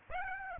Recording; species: mosquito wingbeat signal from an infrared sensor; Aedes aegypti